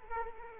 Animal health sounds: mosquito wingbeat signal from an infrared sensor; Culex quinquefasciatus

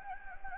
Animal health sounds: mosquito wingbeat signal from an infrared sensor; Anopheles gambiae

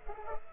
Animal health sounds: mosquito wingbeat signal from an infrared sensor; Culex pipiens

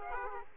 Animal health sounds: mosquito wingbeat signal from an infrared sensor; Aedes aegypti

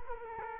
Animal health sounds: mosquito wingbeat signal from an infrared sensor; Culex quinquefasciatus

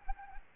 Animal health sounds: mosquito wingbeat signal from an infrared sensor; Anopheles arabiensis

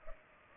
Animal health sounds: mosquito wingbeat signal from an infrared sensor; Culex pipiens

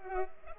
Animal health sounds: mosquito wingbeat signal from an infrared sensor; Culex pipiens

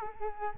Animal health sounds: mosquito wingbeat signal from an infrared sensor; Culex quinquefasciatus

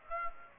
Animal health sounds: mosquito wingbeat signal from an infrared sensor; Aedes aegypti

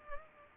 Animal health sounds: mosquito wingbeat signal from an infrared sensor; Culex pipiens

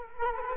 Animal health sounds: mosquito wingbeat signal from an infrared sensor; Culex quinquefasciatus

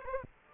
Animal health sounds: mosquito wingbeat signal from an infrared sensor; Aedes aegypti

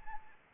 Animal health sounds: mosquito wingbeat signal from an infrared sensor; Anopheles arabiensis

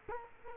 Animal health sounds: mosquito wingbeat signal from an infrared sensor; Culex quinquefasciatus

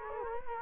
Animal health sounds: mosquito wingbeat signal from an infrared sensor; Culex quinquefasciatus

